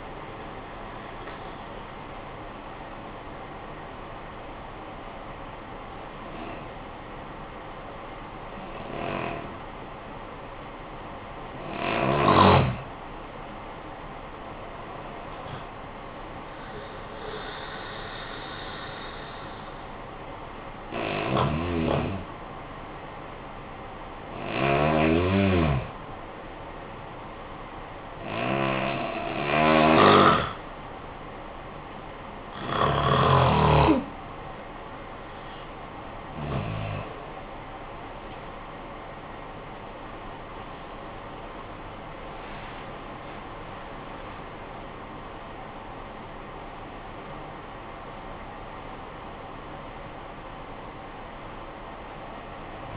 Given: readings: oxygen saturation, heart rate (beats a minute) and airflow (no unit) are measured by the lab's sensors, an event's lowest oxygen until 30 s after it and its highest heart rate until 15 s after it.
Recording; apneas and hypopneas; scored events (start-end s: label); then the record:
breathing in sleep by a voice recorder at the bedside; 1
26.00-44.10 s: hypopnea (REM, oxygen 95% highest, then 92% lowest, heart rate 63 at the start, 86 highest)
31.00-52.97 s: new sleep stage, N1 (lightest sleep)
From the record:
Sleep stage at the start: REM sleep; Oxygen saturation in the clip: 68 to 95%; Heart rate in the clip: 51 to 86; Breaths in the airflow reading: 10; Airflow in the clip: -13.6 to 18.0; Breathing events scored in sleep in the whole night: 445 in 7.6 hours asleep